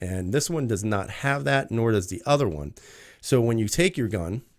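Someone talks while an unloaded pistol is handled before being pushed into a hybrid holster with a Kydex shell wrapped around the trigger guard. The clip ends before the gun goes home, so nothing has seated or clicked yet.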